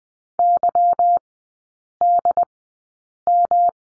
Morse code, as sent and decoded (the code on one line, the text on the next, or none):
-.-- -.. --
YDM